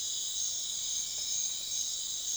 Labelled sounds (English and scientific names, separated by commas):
none